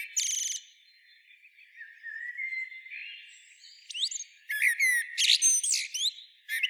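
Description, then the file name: Common blackbird song opening with a brief high buzzy burst, then soft low warbling, then a fast series of sharp squeaky twitters. "Turdus merula"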